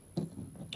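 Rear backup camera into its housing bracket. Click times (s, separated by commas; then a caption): 0.7 s. A rear backup camera for a Ford F150 is pushed by hand back into its cleaned plastic bracket and housing. A low thump comes at about 0.2 s, followed by quiet handling, then a sharp, bright snap at 0.7 s as the camera seats into place.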